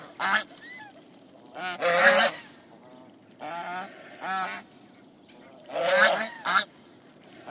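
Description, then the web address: Swan Goose calling: loud, nasal honks in several separate groups, some notes rising and falling, over a quiet background. "BBC. swan geese calls"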